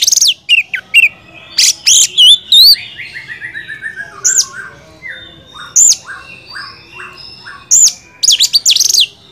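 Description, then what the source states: Oriental magpie-robin song opening with rapid harsh and wavering whistled notes, then a descending trill, with scattered loud whistles afterward. Champion (juara) kacer song, used to train other songbirds (masteran).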